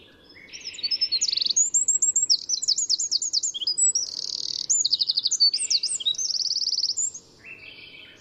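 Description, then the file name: Eurasian wren song: a long, vigorous series of piercing high trills and twittering notes, delivered rapidly for about six seconds before stopping abruptly. "Troglodytes troglodytes"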